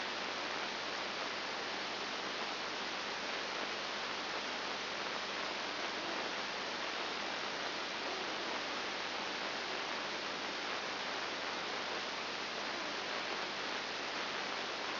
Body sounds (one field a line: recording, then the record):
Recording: brain microelectrode recording played as sound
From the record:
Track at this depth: inside the subthalamic nucleus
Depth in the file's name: 3.702 mm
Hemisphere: left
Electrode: 2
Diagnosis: Parkinson's disease